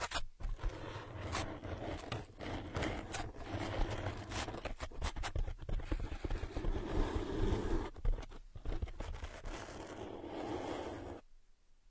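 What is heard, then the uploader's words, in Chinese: Ear scratching (抠耳朵), heard as a dense, continuous rustling and scraping with frequent sharp crackles and brief dropouts. The rough texture fluctuates throughout, with a low rumble underneath, then cuts to near silence at about 11 seconds. 姐姐抠耳朵催眠。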